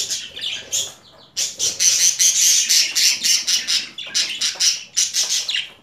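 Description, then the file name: Budgerigar chatter, rapid, harsh and buzzy high notes running almost continuously after a brief pause near the start. Female bird; mixed assortment of sounds. "Karisik Sesler Disi Muhabbet Kusu Sesi"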